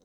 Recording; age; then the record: pig call; piglet (1 to 25 days)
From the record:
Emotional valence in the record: positive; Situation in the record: reunion after long isolation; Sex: male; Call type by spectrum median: low-frequency call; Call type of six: low-frequency tonal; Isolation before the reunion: 8 minutes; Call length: 0.04 s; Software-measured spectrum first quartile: 331 Hz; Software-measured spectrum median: 768 Hz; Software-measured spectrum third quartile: 5114 Hz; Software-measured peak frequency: 489 Hz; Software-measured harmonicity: 2.6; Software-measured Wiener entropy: -3.42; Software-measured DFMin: 1131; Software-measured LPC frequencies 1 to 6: 492, 3882, 5283, 6141, 7887, 9054 Hz